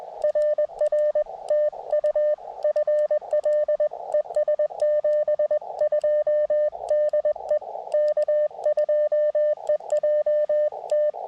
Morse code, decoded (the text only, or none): RR TU FL ES 72 DE K2EJT